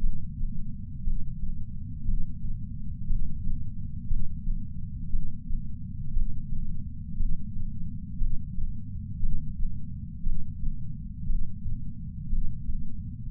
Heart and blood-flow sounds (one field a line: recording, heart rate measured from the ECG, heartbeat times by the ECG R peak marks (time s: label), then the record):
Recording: heart sounds by patch sensor on the chest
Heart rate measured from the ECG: 59 bpm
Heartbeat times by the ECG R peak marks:
1.05 s: heartbeat
2.04 s: heartbeat
3.08 s: heartbeat
4.07 s: heartbeat
5.09 s: heartbeat
6.07 s: heartbeat
7.16 s: heartbeat
8.17 s: heartbeat
9.19 s: heartbeat
10.22 s: heartbeat
11.25 s: heartbeat
12.29 s: heartbeat
13.30 s: heartbeat
From the record:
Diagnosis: coronary artery disease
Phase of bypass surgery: preoperative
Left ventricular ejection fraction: 61.7%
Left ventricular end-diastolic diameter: 51 mm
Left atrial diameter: 34 mm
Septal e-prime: 7.2 cm/s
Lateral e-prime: 9.6 cm/s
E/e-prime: 6.5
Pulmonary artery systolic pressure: 19 mmHg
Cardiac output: 4.98 L/min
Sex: male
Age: 62 years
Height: 172 cm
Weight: 60 kg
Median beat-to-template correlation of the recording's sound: 0.89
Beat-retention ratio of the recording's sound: 1.00